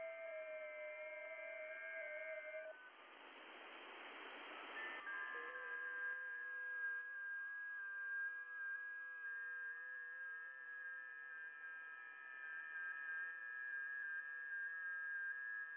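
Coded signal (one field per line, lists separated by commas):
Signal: FT8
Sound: several steady warbling tones at once, gently stepping in pitch, brief hiss burst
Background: radio static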